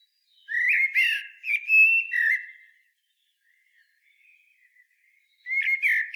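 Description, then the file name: Common blackbird singing smooth mellow whistles that slide and waver, a quiet pause with faint soft notes, then the start of another fluted phrase. "Turdus merula"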